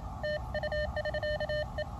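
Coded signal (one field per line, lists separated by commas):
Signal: Morse code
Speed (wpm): 25 wpm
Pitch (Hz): 600 Hz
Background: none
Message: TU <SK> E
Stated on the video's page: Pedestrian-mobile QRP, 5 W, Elecraft KX2 with a 3 m whip on a backpack, including a summit-to-summit SOTA contact.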